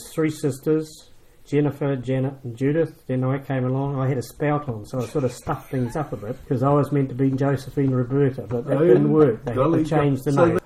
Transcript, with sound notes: there’s three sisters, Jennifer, Janet and Judith, then I came along. I had a spout on, so it sort of stuffed things up a bit [quiet chuckle] ’cause I was meant to be Josephine Roberta, but that didn’t work – they had to change the name.